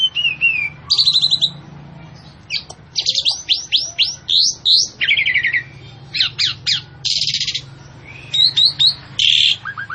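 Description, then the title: Javan pied starling calling: rapid chatter of sharp chirps, down-slurred whistles and rasping buzzes packed closely together, with a faint low hum in the background. Female, vocal and persistent calling. "Burung Jalak Suren Betina Gacor Ngotot"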